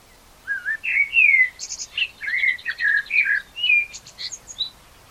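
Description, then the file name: Common blackbird song, a long flowing sequence of fluted, warbling notes with interspersed high squeaky flourishes. "Turdus merula"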